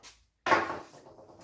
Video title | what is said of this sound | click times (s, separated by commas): Servante de cuisine a roulettes | Voilà, les roulettes s'enclenchent dans les crochets en plastique. | 0.5 s